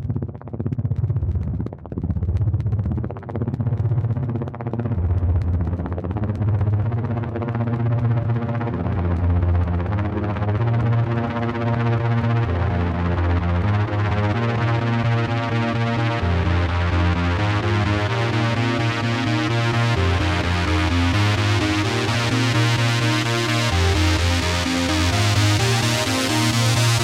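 Dance music of the kind played at bumper cars runs throughout, with a pulsing low bass line and a steady, even beat. The sound starts muffled and grows steadily brighter and fuller, as if a filter slowly opens up over the whole stretch.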